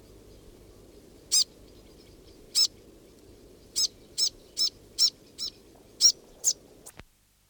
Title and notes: The pīwakawaka, commonly known as the fantail, is a familiar sight in gardens across New Zealand.